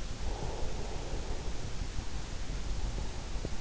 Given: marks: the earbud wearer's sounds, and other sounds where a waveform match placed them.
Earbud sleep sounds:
sounds in sleep by an in-ear microphone; breath
0.09-3.61 s: breath

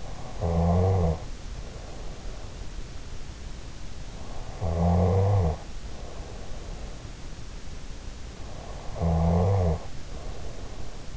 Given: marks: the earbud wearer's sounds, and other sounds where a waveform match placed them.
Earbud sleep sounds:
sounds in sleep by an in-ear microphone; snoring breath
0.00-2.55 s: snoring breath
4.42-7.07 s: snoring breath
8.56-11.17 s: snoring breath

